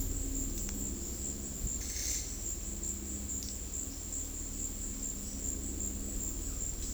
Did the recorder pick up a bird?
no